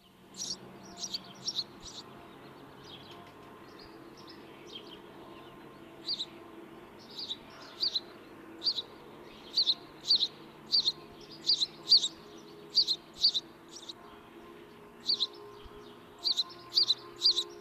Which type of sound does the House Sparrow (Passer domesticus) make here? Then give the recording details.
song. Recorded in the wild. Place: Oberstdorf, Bayern, DE. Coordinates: 47.41, 10.2797. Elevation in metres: 809. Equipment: Nagra IV, Sennheiser MKH 405, Parabolreflektor. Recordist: Tretzel, Erwin. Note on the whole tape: Oberstdorf 1977, Balkon: Gesang